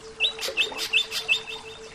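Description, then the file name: Greater green leafbird call, bright chip notes repeated at a steady pace, with a steady faint hum behind. Bird training (terapi). "terapi cucak ijo"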